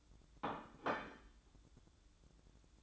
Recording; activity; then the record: daily activity, microphone in the room; place plate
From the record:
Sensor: 3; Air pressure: 1007.5 hPa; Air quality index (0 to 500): 57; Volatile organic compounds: 1 ppm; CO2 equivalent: 602 ppm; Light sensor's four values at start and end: 10/23/9/10 and 10/23/9/10